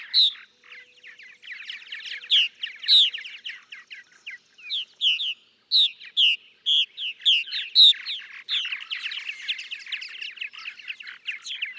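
Purple martin song, a rapid run of gurgling chirps and croaky warbles, some notes louder and spaced, others blending into a continuous chatter.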